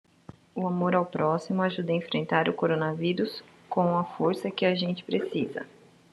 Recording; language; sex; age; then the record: spoken sentence; Brazilian Portuguese; female; 30 to 39 years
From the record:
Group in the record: control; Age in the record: 30 years